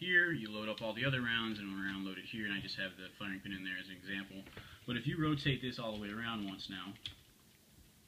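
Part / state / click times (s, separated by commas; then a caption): turret clip passing the connector on a rotating launcher turret / not seated / none. Someone talks while handling a loaded rotating launcher turret, with rounds loaded and a firing pin in place as an example, as they begin to wind it all the way around once. The turret clip has not yet passed the yellow connector, so nothing has seated or clicked yet.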